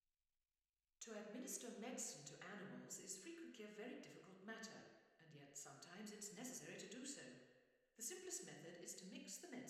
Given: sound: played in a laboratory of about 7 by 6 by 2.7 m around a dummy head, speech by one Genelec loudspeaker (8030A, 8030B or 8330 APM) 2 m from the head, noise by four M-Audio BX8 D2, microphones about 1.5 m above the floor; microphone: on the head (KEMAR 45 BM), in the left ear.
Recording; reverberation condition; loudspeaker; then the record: female speech in English; high; 90 degrees to the left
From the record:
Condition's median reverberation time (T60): about 1300 ms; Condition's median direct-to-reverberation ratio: about -4.0 dB